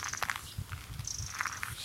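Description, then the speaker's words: Long-tailed tit giving thin, high trilling alarm calls in a few short bursts, with soft clicks and a low rumble underneath. Alarm call heard in mid-April in Västerhankmo; the listener thought it sounded like a grasshopper or a grasshopper warbler; typically given when, for example, a weasel is nearby. "Det är en stjärtmös som varnar. Det var stjärtmösens varningsläte."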